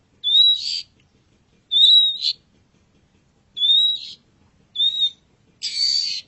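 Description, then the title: Long-tailed shrike giving several rising whistles, the last one harsher. Champion songbird. "Kicau Burung Cendet Juara"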